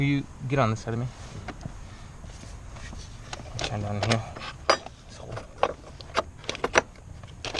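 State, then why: Seated. During a JB1 to JB4 tuner upgrade on a MK7 GTI, an unnamed engine bay component is pushed into its mounting hole while a helper shines a light into it, and someone talks over the work. A series of sharp clicks and taps follows, with the part snapping into place at 6.8 s. It is confirmed seated, and the bolt goes back in afterwards.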